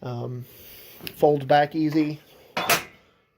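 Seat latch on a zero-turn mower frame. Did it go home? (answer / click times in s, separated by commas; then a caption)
yes / 2.6 s. Someone talks as the tilting seat of a Kubota Z231 BR 48 zero-turn mower, with a hard solid plastic back, a metal bottom and metal tracks, is folded back. At 2.6 s there is a sharp latch click as the seat latch on the mower frame catches, and the seat is latched.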